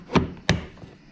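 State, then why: Seated. On a Lexus LS400, a plastic trunk trim flap by the tail light, which kept falling out, is pushed back into its retaining clips. A first sharp knock sounds near 0.2 s, then a loud, crisp snap at 0.5 s as the flap seats firmly in place.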